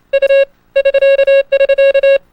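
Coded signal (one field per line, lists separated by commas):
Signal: Morse code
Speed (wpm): 28 wpm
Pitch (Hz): 550 Hz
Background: none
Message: U <SK><SK>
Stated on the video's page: Morse code numbers taught by rhythm; continuous wave amateur radio.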